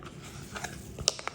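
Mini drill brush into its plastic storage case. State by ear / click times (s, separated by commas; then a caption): seated / 1.1 s. A small pink plastic drill brush and dustpan set is pushed back into its little plastic storage case. A faint rustle is followed by a sharp, bright snap at 1.1 s and a few lighter ticks. The brush set snaps in and is seated in the case.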